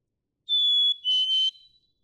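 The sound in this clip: Black-capped chickadee song: a single loud two-note whistle, steady first note then a slightly lower second note with a faint breathy edge.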